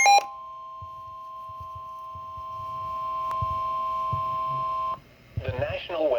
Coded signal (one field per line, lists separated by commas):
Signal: Emergency Alert System (SAME) tones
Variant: 1050 Hz attention tone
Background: speech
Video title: EAS #239: FFW